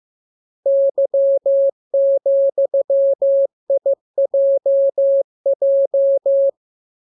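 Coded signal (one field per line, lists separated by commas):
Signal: Morse code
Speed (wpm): 15 wpm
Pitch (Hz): 550 Hz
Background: none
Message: Y,IJJ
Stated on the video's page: Morse lesson drill of letters, numbers, punctuation and Q-codes for amateur radio; each radiogram begins with VVV and a section sign and ends with AR.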